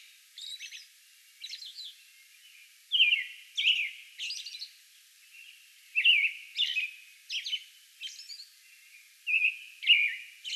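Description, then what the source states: American robin song: warbling phrases and thin, high squeaky notes given in a series of short bursts with pauses between. Song bout recorded on May 11.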